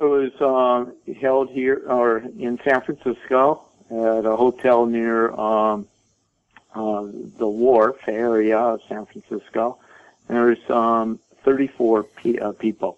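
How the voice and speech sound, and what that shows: Adult male speech with stretched sounds, a long silent block and a repeated 'p' in 'people', typical of stuttering.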